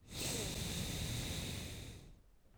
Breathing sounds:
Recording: one breath near a microphone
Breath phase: exhalation

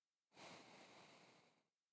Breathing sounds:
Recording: one breath near a microphone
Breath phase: exhalation

